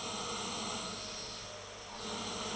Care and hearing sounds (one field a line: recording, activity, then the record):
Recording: daily activity, microphone in the room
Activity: vacuum cleaning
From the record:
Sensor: 4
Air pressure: 1008.5 hPa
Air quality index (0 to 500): 62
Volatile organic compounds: 1 ppm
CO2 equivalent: 598 ppm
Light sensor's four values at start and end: 14/32/13/12 and 14/33/13/13